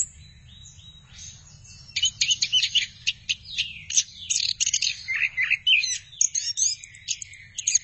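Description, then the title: Thrush song begins softly, then after about two seconds bursts into a dense run of sharp chirps, whistles and buzzy notes. "burung anis x"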